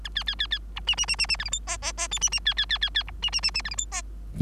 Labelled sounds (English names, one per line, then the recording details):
Bengalese Finch song
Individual Bird3